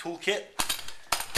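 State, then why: Released. Someone talks while unclipping the plastic side clip on the lower section of a Stanley Mobile Go-Bag rolling toolbox, which opens just above the wheels. The clip releases with a sharp click at 1.1 s.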